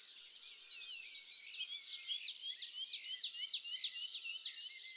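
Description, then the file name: Eurasian blue tit gives three very high, thin piercing notes, then a rapid buzzy churring run of short descending strokes lasting several seconds. "Cyanistes caeruleus"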